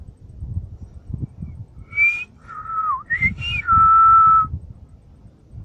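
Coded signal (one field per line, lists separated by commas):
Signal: whistled language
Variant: Silbo Gomero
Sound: a single whistled word: several rising and falling pitch segments ending in a long steady tone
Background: low background rumble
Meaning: The whistled word means seaplane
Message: hidroavión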